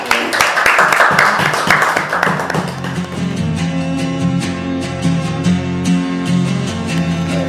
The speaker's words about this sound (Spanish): Un aplauso a Che.